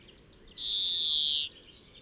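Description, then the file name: European greenfinch giving a single drawn-out, nasal wheeze, about a second long and falling slightly in pitch at the end, over a quiet background. "Chloris chloris"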